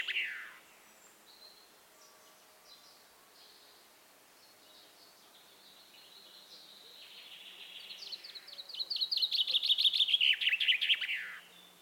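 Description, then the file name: Common chaffinch song: a brief note, a quiet stretch with soft phrases, then a loud, fast trill of bright chirps that swells and stops. "Fringilla coelebs"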